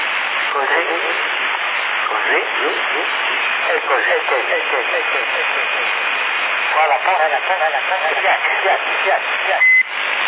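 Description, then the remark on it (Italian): A voice comes over a CB radio channel in Sassari, November 2009, in a narrow, tinny band with a steady hiss and a faint whine, its words smeared by an echo effect that repeats the speech throughout. “Ma tu che eco stai usando”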